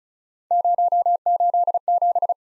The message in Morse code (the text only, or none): 087